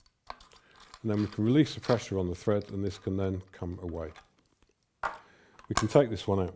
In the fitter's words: turn this around until it clicks into position and